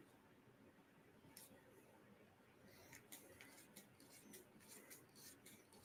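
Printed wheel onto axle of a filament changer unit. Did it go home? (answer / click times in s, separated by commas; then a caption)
no / none. A printed wheel is twisted onto its axle on an LDO Box Turtle filament changer unit, where it should firmly click into place. Only low, steady noise is heard, with faint scraping and rubbing ticks around 1.4 s and repeatedly from about 2.7 s to the end. The wheel has not clicked into place yet because something is slipping.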